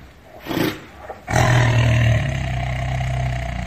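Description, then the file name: Tiger roar: a short growl, then a loud deep sustained roar that holds and rumbles for over two seconds. "Tieng ho gam"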